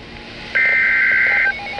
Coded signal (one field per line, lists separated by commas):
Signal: Emergency Alert System (SAME) tones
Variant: header bursts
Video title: Severe Thunderstorm Warning (EAS #23)